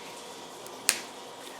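A rear cover screw in the crankcase of an OS FS-20 A small glow engine is unscrewed and breaks loose from its factory torque at 0.9 s with a single sharp crack. The sound is the loud snap of a screw that has never been opened before, standing out above a faint steady background. The screw is released.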